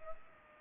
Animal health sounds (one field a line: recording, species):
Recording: mosquito wingbeat signal from an infrared sensor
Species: Culex pipiens